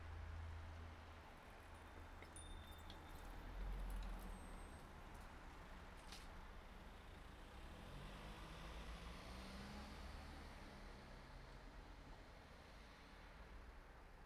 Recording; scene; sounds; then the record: everyday scene through a hearing-aid microphone; in traffic; traffic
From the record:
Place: city secondary road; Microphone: behind the ear, right, rear